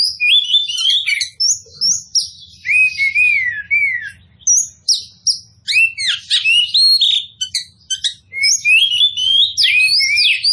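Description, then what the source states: Oriental magpie-robin song: melodious slurred whistles alternating with harsh chips and short pauses, over a soft low background hum. Local Indonesian name kacer poci; described as gacor, singing vigorously.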